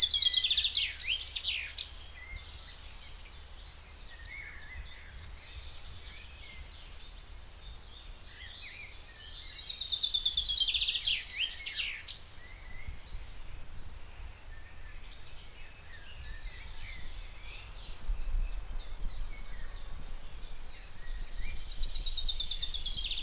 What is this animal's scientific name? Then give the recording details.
Fringilla coelebs. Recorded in the wild. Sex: male. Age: adult. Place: Anklam, Mecklenburg-Vorpommern, DE. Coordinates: 53.9, 13.7. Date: 1989-05-20 17:00. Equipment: Uher 4400 Report Monitor, Sennheiser ME 80, K 30 AV. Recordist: Fischer, Stefan. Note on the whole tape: Gützkow: Gesang